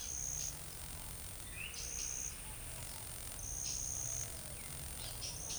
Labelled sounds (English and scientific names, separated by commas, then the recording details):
none
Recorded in forest near Pivijay, Magdalena, Colombia, on 4 June 2023 at 12:30
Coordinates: 10.467, -74.380
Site Z5-G034